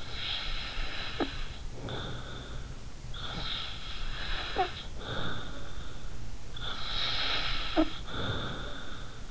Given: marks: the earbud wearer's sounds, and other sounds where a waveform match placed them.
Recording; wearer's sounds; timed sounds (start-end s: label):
sounds in sleep by an in-ear microphone; snoring breath
0.00-2.71 s: snoring breath
3.05-6.04 s: snoring breath
6.55-9.18 s: snoring breath